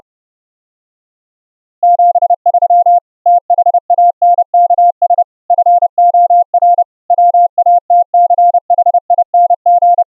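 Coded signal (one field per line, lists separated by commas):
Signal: Morse code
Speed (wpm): 30 wpm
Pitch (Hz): 700 Hz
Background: none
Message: 73 THANKS FOR WATCHING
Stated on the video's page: Morse audio tones sent over the internet via a webRTC website, heard unfiltered and with CW regeneration filtering.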